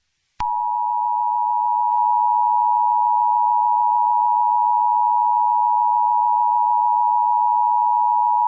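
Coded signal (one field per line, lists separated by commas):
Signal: Emergency Alert System (SAME) tones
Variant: 853 and 960 Hz attention tone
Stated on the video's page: Fictional historical EAS scenario recreation.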